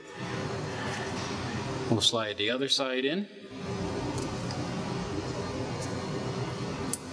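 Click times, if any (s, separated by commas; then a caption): 6.9 s. A second wire terminal is slid into a plastic speed sensor connector body for an Allison transmission/transfer case. Someone talks briefly near the start against steady background noise. A short, sharp click at 6.9 s marks the terminal seating in the connector body.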